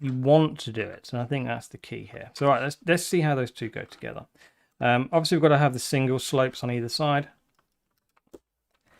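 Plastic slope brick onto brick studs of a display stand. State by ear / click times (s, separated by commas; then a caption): seated / 8.2 s, 8.3 s. Someone talks, then presses single plastic roof slope bricks onto the brick studs on either side of a train display stand. Two small, sharp clicks at 8.2 s and 8.4 s mark the slopes seating onto the studs.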